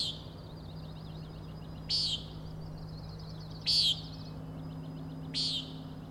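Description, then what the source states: Common nighthawk sounding four buzzy peents roughly every one and a half to two seconds, linked by faint high rattling trills and a low background drone. Three birds giving peenting calls while flying closely in follow-the-leader formation, near the recordist; Overlook, Schoodic Head, Acadia National Park, Winter Harbor, Maine; 16 June 2017, 4am.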